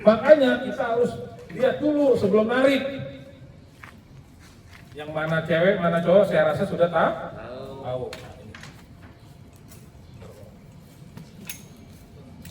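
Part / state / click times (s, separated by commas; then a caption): fire hose coupling male end into female end / seated / 11.5 s. During a fire hydrant drill, an instructor joins the male end of a fire hose coupling into the female end. A man talks for the first eight seconds, followed by quieter handling taps and then a sharp click at 11.5 s. The click means the coupling is properly connected and seated.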